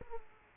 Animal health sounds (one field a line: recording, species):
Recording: mosquito wingbeat signal from an infrared sensor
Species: Aedes aegypti